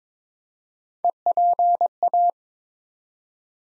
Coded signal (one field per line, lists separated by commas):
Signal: Morse code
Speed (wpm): 23 wpm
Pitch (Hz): 700 Hz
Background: none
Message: EPA